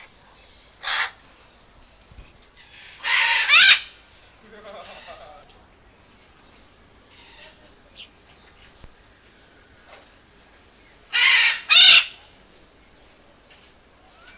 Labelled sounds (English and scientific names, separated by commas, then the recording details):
Red-fronted Macaw (Ara rubrogenys) call
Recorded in captivity
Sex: pair
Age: adult
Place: Zoo Berlin, Berlin, DE
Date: 2001-08-14 15:25
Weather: sonnig, ca. 26°C
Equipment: Marantz CP 130, Sennheiser MKH 416, Kopie Uher 4000 Report Monitor
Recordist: Tembrock, Günter